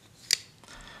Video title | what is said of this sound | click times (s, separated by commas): The Italian Job: Viper Gent (Ziricote Wood) and Viper Timeless (Titanium and Olive Wood) | The locking liner snaps into place very firmly. The lockup is solid. | 0.3 s